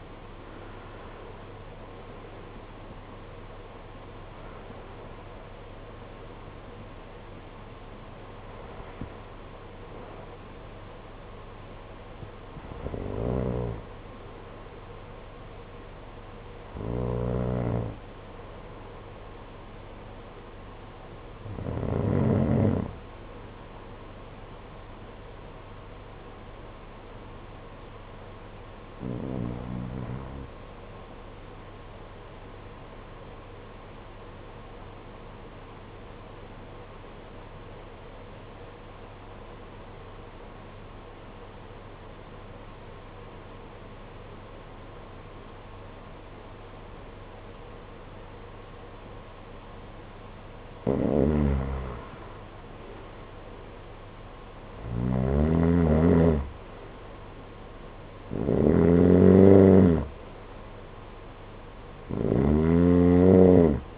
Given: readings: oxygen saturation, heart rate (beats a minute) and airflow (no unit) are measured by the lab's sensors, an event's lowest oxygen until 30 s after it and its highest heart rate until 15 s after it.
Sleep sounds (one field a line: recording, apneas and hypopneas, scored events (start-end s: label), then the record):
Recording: breathing in sleep by a voice recorder at the bedside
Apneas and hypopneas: 1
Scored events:
35.00-52.80 s: obstructive apnea (N1, oxygen 94% highest, then 81% lowest, heart rate 50 at the start, 60 highest)
From the record:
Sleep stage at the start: N1 (lightest sleep)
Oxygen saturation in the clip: 69 to 96%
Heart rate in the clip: 49 to 90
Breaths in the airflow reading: 10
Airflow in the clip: -11.9 to 13.7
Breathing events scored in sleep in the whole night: 476 in 9.7 hours asleep